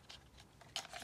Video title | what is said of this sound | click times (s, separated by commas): Is this $40 Camera Drone any good?🤔 - Tomzon D28 1080P Camera Drone | slide it forward and it locks into place really simple slid right into there | 0.8 s